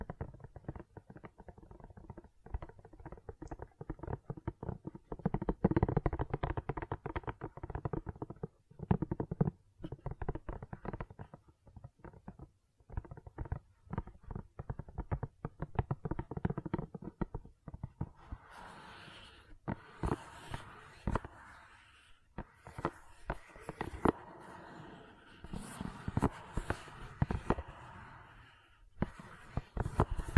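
Soft squishing and pressing sounds of silicon, a dense run of small wet clicks, squelches and taps that rarely stop. In the first eighteen seconds the sounds stay dull and low; after that they turn brighter and crinklier, with scattered sharper snaps until the end.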